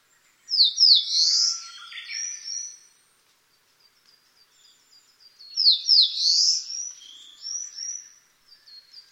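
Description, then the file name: Eastern crowned warbler singing two phrases a few seconds apart. Each is a loud, high, slurred burst that trails off into softer notes. The background is quiet. "sendaimushikui"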